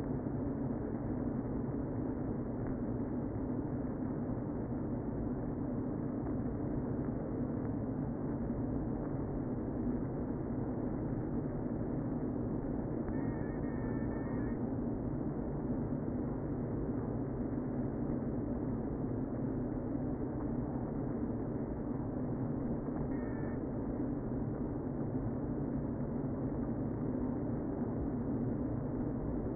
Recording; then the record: honeybee colony, microphone inside the hive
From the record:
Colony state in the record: queen present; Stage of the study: before two queens were removed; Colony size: about 60,000 bees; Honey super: yes